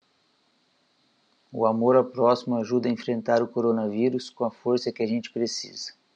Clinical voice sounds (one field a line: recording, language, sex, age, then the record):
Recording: spoken sentence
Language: Brazilian Portuguese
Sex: male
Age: 40 to 49 years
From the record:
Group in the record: control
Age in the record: 45 years